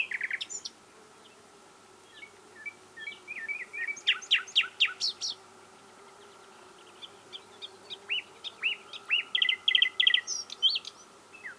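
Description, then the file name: Common nightingale song: a loud opening phrase, soft scattered chirps, a burst of sharp notes, a pause, then a fast run of rising notes. "Luscinia megarhynchos"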